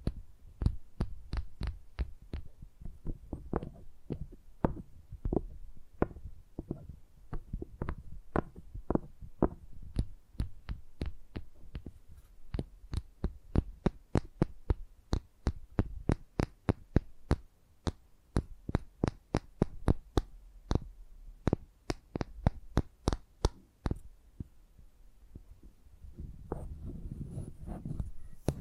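Tapping sounds in quick, fairly regular runs, sharp clicks with a dull thud underneath, about two to four taps per second for most of the half minute. Some taps are brighter and crisper than others. A soft low rumble rises near the end.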